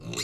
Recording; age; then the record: pig call; weaner (32 to 43 days)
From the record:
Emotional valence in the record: negative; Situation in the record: long isolation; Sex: female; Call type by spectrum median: high-frequency call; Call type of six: mixed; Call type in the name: high-frequency modulated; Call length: 0.24 s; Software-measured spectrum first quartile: 622 Hz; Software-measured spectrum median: 2817 Hz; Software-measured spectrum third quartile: 5341 Hz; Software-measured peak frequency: 4201 Hz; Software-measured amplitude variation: 149 dB a second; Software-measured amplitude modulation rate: 14.7 a second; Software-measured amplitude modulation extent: 10.2 dB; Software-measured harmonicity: 3.4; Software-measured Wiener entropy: -2.91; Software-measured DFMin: 788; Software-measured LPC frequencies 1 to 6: 1201, 2121, 2725, 3747, 4171, 4878 Hz